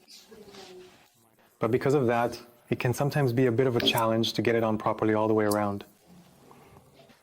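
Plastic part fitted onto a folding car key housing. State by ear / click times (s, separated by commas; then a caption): seated / 6.5 s, 6.8 s. Someone talks while a plastic part of a new Dacia/Renault flip-key housing is pressed on all the way around a folding car key. After the talking stops, two short clicks at 6.5 s and 6.8 s are heard as the part snaps into place and is seated.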